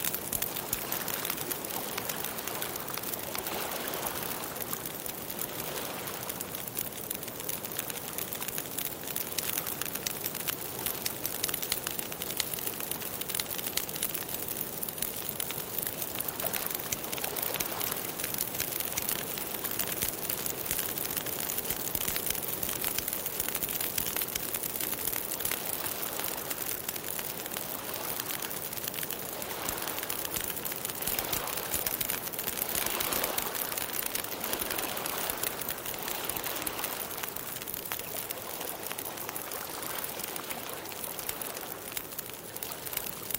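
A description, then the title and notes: A campfire crackles by the beach, its dense pops and snaps running without a break over a steady, hissing wash. The sound stays even throughout, with slightly fuller surges of noise around 16 and 31 seconds, like waves rolling in. Relaxing Fire Sounds And Campfire By The Beach Sounds.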